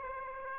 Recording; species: mosquito wingbeat signal from an infrared sensor; Aedes aegypti